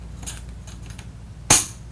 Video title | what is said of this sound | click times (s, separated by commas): Conbraco 4A-Series | definite force, and you'll actually hear a clicking sound like, | 1.5 s